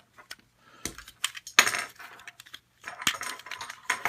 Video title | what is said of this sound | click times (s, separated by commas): Father & Son Toy Reviews #04: Transformers: Combiners Wars Motormaster, Blackjack & Huffer! | Clicks into place, and these pieces flip up. | 1.6 s